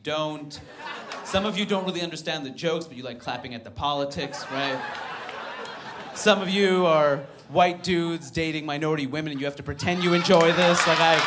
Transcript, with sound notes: Some of you don't really understand the jokes, but you like clapping at the politics, right?
(LAUGHTER)
Some of you are white dudes dating minority women, and you have to pretend you enjoy this,